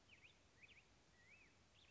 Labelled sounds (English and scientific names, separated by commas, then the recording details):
Black-headed Grosbeak (Pheucticus melanocephalus)
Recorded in Sonoma County, California